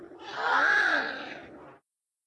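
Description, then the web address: Penguin giving a single harsh, throaty squawk lasting under two seconds, swelling and then trailing off, followed by silence. Large penguin colony, recorded as indoor ambience. "bird penguin large penguin colony indoor ambience"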